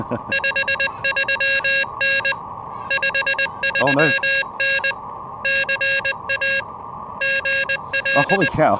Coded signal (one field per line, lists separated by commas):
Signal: Morse code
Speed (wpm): 20 wpm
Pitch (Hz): 1650 Hz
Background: speech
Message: 53N 53N CA GL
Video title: Challenging Prop: Post-Hamvention POTA with Friends at Dayton Aviation Heritage NHP!